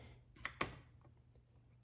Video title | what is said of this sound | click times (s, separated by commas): Review Chefman Single Serve Coffee Maker, K Cup Coffee Machine: Compatible with K-Cup Pods and Groun | I just did 2 clicks. | 0.4 s, 0.6 s